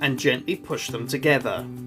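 Two sections of plastic-roadbed model railway track are lined up so the metal fish plates in the joiner clips meet the rail ends, ready to be gently pushed together. Someone talks over background music throughout the clip. Nothing has seated or clicked yet.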